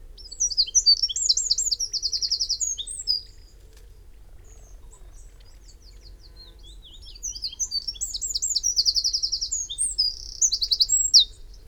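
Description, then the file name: Eurasian wren giving two energetic high songs with a pause between, each packed with quick chattering notes and a fast, rattling trill near the end. "Troglodytes troglodytes"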